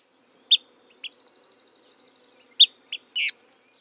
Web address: Alder Flycatcher